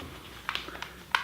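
A newer-style ski goggle lens is pressed into a Ruroc RG1-DX ski goggle frame, giving a few faint taps before a sharp, bright click at 1.1 s as the lens snaps and clips into place, seated as normal.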